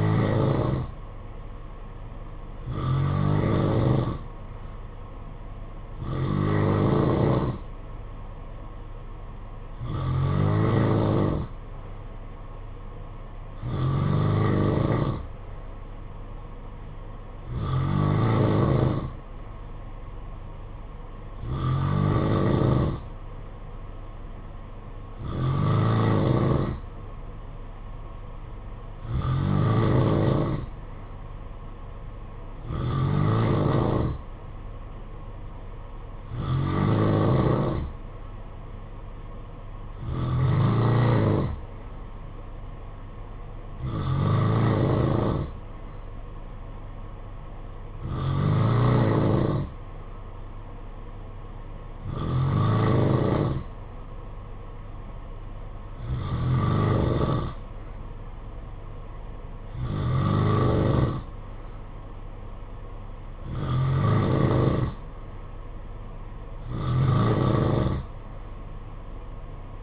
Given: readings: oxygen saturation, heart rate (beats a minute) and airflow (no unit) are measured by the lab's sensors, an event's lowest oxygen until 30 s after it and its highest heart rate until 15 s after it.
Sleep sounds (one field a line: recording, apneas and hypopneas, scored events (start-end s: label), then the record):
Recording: breathing in sleep by a smartphone at the bedside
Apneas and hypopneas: none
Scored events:
10.00-40.00 s: new sleep stage, N3 (deep sleep)
40.00-69.83 s: new sleep stage, N2 (light sleep)
From the record:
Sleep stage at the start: N2 (light sleep)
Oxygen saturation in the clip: 90 to 92%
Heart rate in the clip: 54 to 59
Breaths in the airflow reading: 19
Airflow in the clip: -7.4 to 4.7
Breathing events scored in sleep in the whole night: 476 in 9.7 hours asleep